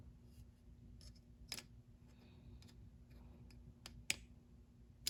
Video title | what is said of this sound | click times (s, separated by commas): Maintain and replace parts for the Lionel 397 Coal loader part 2/2 (Disassembly & Clean Up🧼🚂) | now when you feel and hear a click on the C clip | 4.1 s